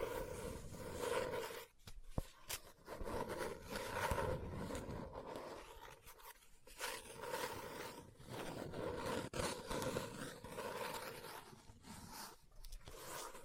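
Book tapping, scratching and page turning make a dense, rough texture of scrapes and brushing, with sharp taps and brief pauses near 2 and 6 seconds.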